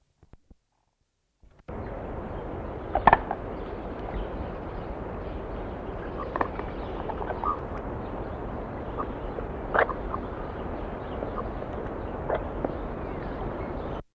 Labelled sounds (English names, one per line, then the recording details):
Greater Adjutant call
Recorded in captivity
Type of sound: call
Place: Zoo Wuppertal, Nordrhein-Westfalen, DE
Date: 1980-12-13
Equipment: Halbspur, 9,5 cm/s
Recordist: Lütgens, Hans
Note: Rufe